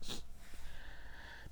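An elderly 13-year-old dog snoring in the background while asleep, the snoring having begun with her age; a brief snort-like burst opens the clip.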